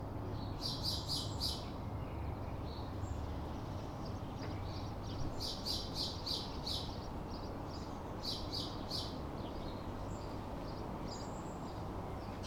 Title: Ambience. Evening. Street in residential area. Busy spacious birdsong manly sparrows.